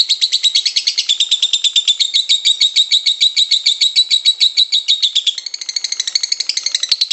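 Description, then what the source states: Lovebird chattering in a continuous rapid trill of sharp high notes, pulsing quickly and evenly, shifting slightly in tone near the end. Pet lovebird's long ngekek trilling song, used as a master recording to train other birds to sing and to prompt them (kicau pancingan).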